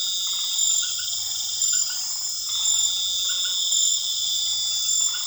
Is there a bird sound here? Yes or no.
no